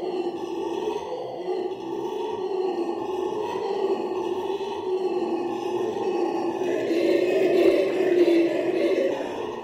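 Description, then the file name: Black-and-gold howler monkey roaring, a deep, rough, sustained drone with steady layered tones that swells louder toward the end. "alouatta caraya"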